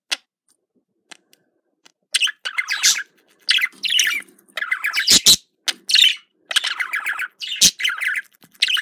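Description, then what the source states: Budgerigar chatter: a few faint ticks, then scratchy, squeaky chirps and sharp clicks in irregular rapid bursts. Described as a love sound.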